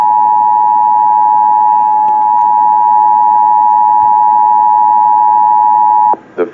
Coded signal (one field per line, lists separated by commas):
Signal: Emergency Alert System (SAME) tones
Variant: 853 and 960 Hz attention tone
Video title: Required Monthly Test On KTOZ-FM & KTTS-FM [EAS #392 - #393]